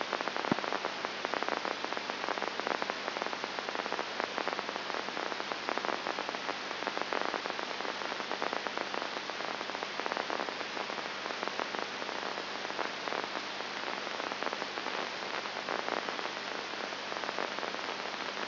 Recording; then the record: brain microelectrode recording played as sound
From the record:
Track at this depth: inside the subthalamic nucleus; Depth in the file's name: 1.306 mm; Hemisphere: left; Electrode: 2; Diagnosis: Parkinson's disease